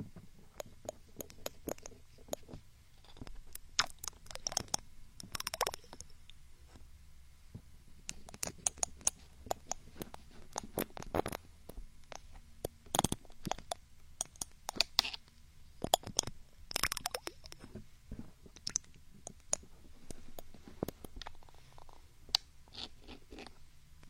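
Ear picking and ear massage sounds: dense, irregular scratchy clicks and crackles tumble over one another throughout, with brighter rubbing bursts near 5, 13 and 17 seconds. A soft low rumble sits steadily underneath the whole time.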